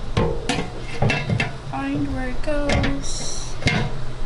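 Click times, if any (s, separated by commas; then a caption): 3.7 s. Someone talks while pushing the removable filter/cover piece back into a portable laundry appliance, with several light knocks around 0.2, 0.5, 1.0–1.1 and 1.4 seconds. The part snaps back into place with one sharp knock-like hit at 3.7 seconds, seated. The washing machine runs and drains in the background.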